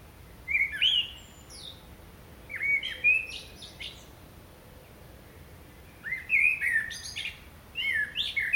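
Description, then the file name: Common blackbird song: four mellow warbled phrases with thin high twitters, separated by short pauses. "Turdus merula"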